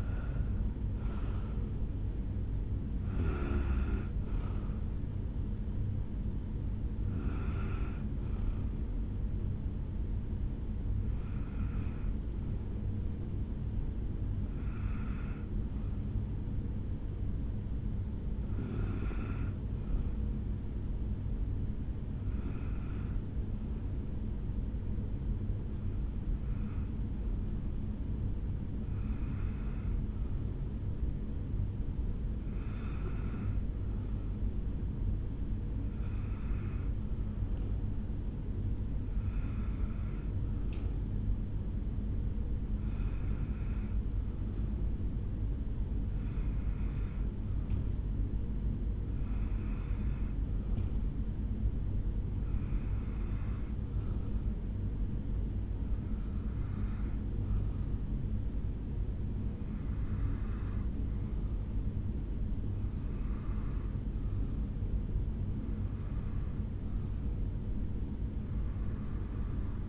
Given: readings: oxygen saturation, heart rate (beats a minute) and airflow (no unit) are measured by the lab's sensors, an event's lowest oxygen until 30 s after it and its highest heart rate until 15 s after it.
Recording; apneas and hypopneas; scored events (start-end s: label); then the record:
breathing in sleep by a smartphone at the bedside; 1
15.00-48.00 s: hypopnea (N1, oxygen 97% highest, then 91% lowest, heart rate 66 at the start, 71 highest)
From the record:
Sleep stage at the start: N1 (lightest sleep); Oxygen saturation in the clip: 76 to 97%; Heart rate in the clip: 66 to 82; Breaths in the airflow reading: 20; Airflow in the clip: -7.1 to 6.9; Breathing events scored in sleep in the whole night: 449 in 7.0 hours asleep